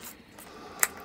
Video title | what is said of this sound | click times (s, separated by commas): Ликбез по патронам | вот щелкнул затянули в | 0.8 s